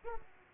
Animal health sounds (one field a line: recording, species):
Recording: mosquito wingbeat signal from an infrared sensor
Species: Aedes aegypti